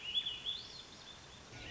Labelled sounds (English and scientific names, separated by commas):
Swainson's Thrush (Catharus ustulatus)